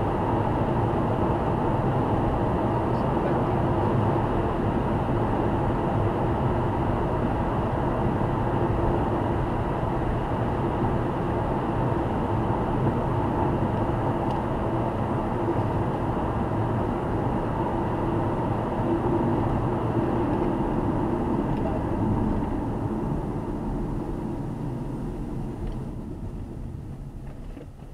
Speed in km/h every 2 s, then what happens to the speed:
115, 114, 114, 111, 112, 110, 107, 105, 103, 95, 74, 49, 27, 19.
0-25 brakes to 19.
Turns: none.